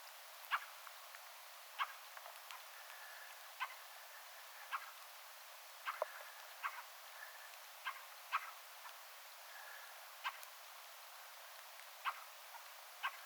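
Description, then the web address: Fieldfare producing a long series of harsh chacking notes, roughly one per second, with fainter calls of other fieldfares between. Attention-seeking call of a fieldfare, with a second and third fieldfare calling in the background; recorded 17 December 2024. "17 12 2024 rakattirastaan huomioaantelya taustalla toinen ja kolmaskin rakattirastas"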